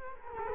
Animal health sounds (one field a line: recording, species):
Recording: mosquito wingbeat signal from an infrared sensor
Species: Culex quinquefasciatus